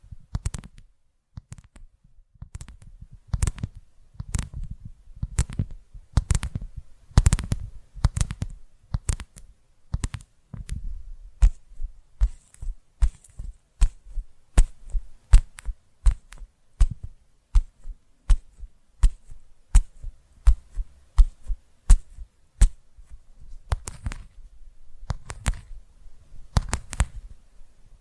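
Sharp tapping in quick, fairly regular bursts, each tap crisp and bright with a soft low thump, continuing steadily throughout with brief pauses.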